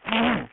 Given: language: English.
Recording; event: throat vibration sensor signal played as sound; throat clearing